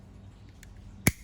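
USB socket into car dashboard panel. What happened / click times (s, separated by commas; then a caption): The socket snapped into the panel / 1.1 s. An add-on USB QC3.0+PD charging socket for a Pajero Sport is pushed into its hole in the plastic dash trim panel. After faint ticks, a single sharp click is heard at 1.1 s. The socket is seated, with its locking tab engaged so it cannot be pulled back out.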